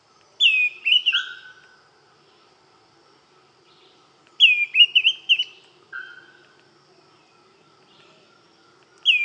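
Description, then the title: Greenish schiffornis whistling a wavering high phrase, then a lower slurred note, repeated twice and starting a third time, with quiet gaps between. "LuckyPassaro Completos2Sama. Greenish Schiffornis (Schiffornis virescens)"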